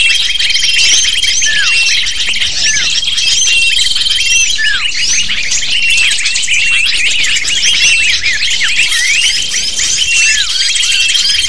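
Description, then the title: Lovebirds chattering continuously, dense high squeaky chirps and short falling notes layered together, with thin steady whistled tones above and below. Lure call used to attract lovebirds. "PIKAT BURUNG LOVEBIRD"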